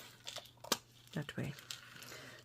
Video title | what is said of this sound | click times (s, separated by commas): Temu Haul and Unboxing - June 2025 | So, there's a little click at the front. | 0.7 s